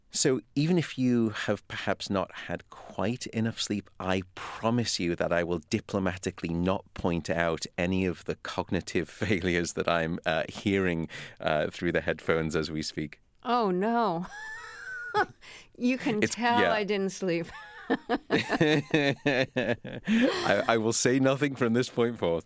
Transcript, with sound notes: So even if you have, perhaps, not had quite enough sleep, I promise you that I will diplomatically not point out any of the cognitive failures that I am hearing through the headphones as we speak.
Oh, no (laughter). You can tell I didn't sleep.
(LAUGHTER)
I will say nothing from this point forth.